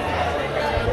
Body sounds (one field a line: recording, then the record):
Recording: background sound without coughing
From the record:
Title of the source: CITY SOUNDS Busy Bar in the Evening Night - 2 HOURS of Ambiance for Relaxation